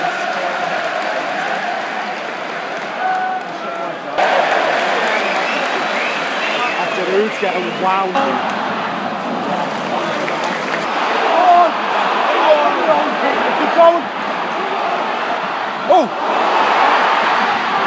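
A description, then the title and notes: Crowd noise fills a stadium, a dense, steady roar of many voices with no pause throughout. The sound swells slightly after about four seconds and stays loud, with scattered shouts and cheers rising out of the mass, including a sharp burst near sixteen seconds. Crowd noise as Everton score the third against Arsenal.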